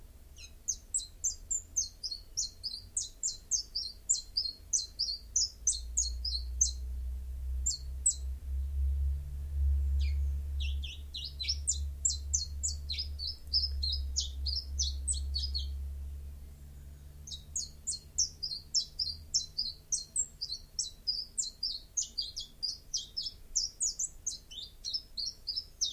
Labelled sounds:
Common Chiffchaff (Phylloscopus collybita) song

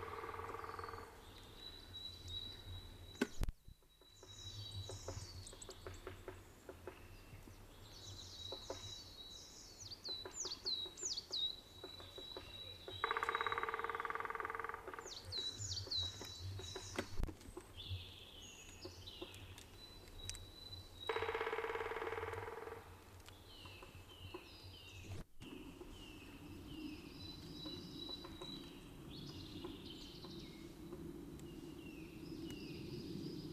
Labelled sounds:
Black Woodpecker (Dryocopus martius) call

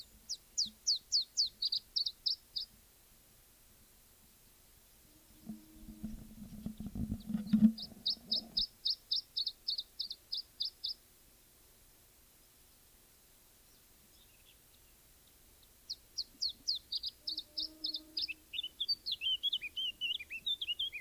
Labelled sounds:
Iberian Chiffchaff (Phylloscopus ibericus) song

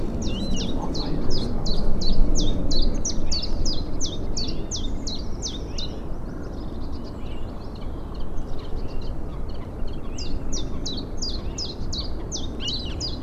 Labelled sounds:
Great Tit (Parus major)

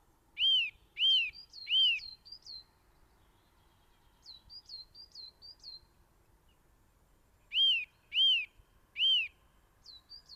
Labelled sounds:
Eurasian Nuthatch (Sitta europaea) song

